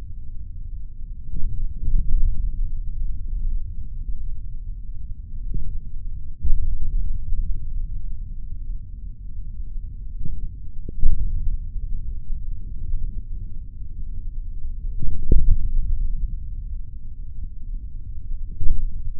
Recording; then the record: forearm muscle sounds (acoustic myography)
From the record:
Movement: index flexion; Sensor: system 3, bracelet of six PUI Audio POM-2738L microphones around the upper forearm, with dedicated amplification and filtering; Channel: 2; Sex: male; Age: 26 years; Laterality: right